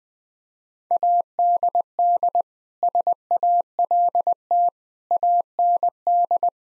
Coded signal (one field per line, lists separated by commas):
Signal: Morse code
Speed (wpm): 21 wpm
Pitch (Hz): 700 Hz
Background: none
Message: ADD SALT AND